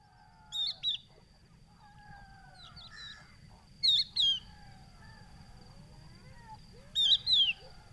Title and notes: COCHEVIS DU VACCARES. Etang du Vaccares - Camargue - 05 septembre 2020. son appel sifflet et plaintif. un adulte de Cochevis huppé (Galerida cristata) qui appel ses congénères